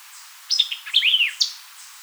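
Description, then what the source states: White-eyed vireo song: one quick, emphatic phrase of sharp chips and slurred notes, about one second long, over faint background hiss. Recorded 4 January 2007.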